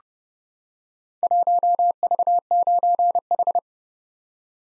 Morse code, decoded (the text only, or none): 1V9H